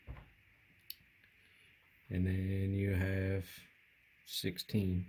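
A crimped metal terminal is pushed into a cavity in a plastic connector housing while an LS engine bench wiring harness is built, and it snaps into place with a sharp, brief click at 0.9 s. Someone talks afterward. The terminal is seated in the connector.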